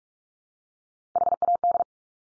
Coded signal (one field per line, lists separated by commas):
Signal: Morse code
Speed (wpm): 44 wpm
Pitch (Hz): 700 Hz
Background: none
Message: HAD